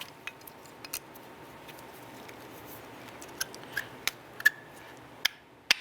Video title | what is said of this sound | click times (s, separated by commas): How to Replace Rear Brakes 2003-2007 Jeep Liberty | Press that down, you'll hear it snap into place, and you'll notice that the pad is flush with the bracket. | 5.3 s, 5.7 s